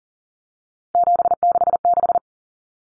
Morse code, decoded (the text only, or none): 766